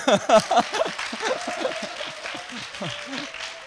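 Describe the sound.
A church audience claps in a steady patter of many hands for a few seconds, mixed with cheering and excited voices that rise at the start and stay underneath the applause.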